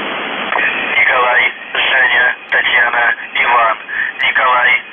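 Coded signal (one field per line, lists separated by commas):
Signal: numbers station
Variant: UVB-76 voice message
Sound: a voice reading separate words over a narrow, hissy shortwave channel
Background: radio static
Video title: The Buzzer/UVB-76(4625Khz) June 28, 2021 08:11UTC Voice message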